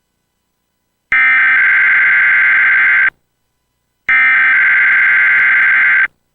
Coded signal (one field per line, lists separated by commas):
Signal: Emergency Alert System (SAME) tones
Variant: header bursts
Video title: Xfinity Weekly EAS Test - June 6, 2022 | MN (VHS)